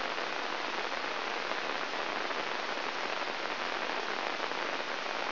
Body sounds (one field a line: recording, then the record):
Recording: brain microelectrode recording played as sound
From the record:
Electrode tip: inside the subthalamic nucleus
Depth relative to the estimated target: 0 mm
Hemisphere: left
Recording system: AlphaMap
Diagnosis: Parkinson's disease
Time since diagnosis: 12 years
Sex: female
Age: 56 years